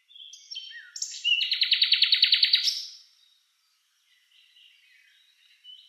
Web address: Schulze Peter Common Nightingale song